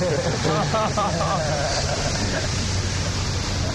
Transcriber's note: laughter